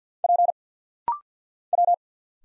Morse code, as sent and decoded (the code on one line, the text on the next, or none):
.--. / .--
P W